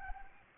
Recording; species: mosquito wingbeat signal from an infrared sensor; Anopheles arabiensis